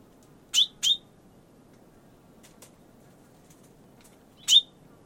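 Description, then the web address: Bird calls: two quick sharp chirps, a pause with faint ticks, then one more chirp, over a low background hum. "Bird Only"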